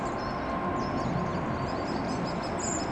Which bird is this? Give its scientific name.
Turdus merula